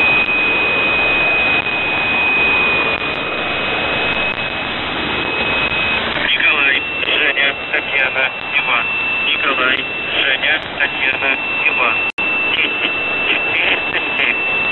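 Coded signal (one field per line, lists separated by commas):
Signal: numbers station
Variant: UVB-76 voice message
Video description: 02:54 0600z (February 14th)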